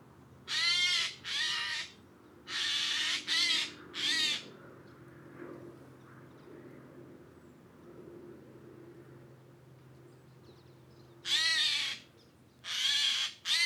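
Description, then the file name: Eurasian jay with raucous rasping screeches in two bouts, five calls at first, then a long quiet spell with faint low hum, then three more screeches. "Garrulus glandarius"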